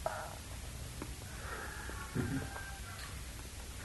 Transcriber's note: sound of rooster crowing in background